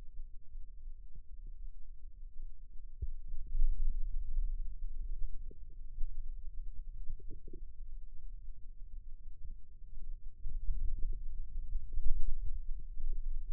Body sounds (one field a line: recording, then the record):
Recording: forearm muscle sounds (acoustic myography)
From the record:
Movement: radial deviation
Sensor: system 2, bracelet of six BSWA MPA416 microphones around the upper forearm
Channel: 5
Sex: male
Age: 22 years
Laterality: right